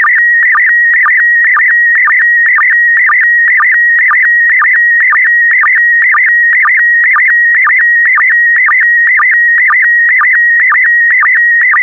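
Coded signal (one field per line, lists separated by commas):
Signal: SSTV (slow-scan television)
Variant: PD120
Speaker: transmission complete you can now check your decoded image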